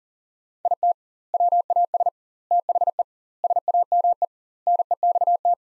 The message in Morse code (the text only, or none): IT WAS THE SAME NEXT